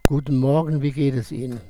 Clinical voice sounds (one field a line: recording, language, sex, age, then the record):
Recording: spoken sentence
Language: German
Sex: male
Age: 70 to 79 years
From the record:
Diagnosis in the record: hypopharyngeal tumor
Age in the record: 71 years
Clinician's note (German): Verdacht auf Hypopharynxtumor li, Stimmlippen weißlich, o.B.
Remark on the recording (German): Im Satz " Guten Morgen.." ist eine Übersteuerung im Verschluß des "g" in "Guten".